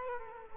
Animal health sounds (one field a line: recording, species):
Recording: mosquito wingbeat signal from an infrared sensor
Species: Culex quinquefasciatus